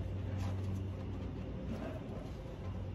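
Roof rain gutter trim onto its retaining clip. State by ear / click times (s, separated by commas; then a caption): not seated / none. The plastic roof rain gutter trim of an EF Hatch/CRX is being handled onto its retaining clip on the car roof, but nothing has seated or clicked yet. A steady low hum and broadband background noise continue throughout, with no sharp transients.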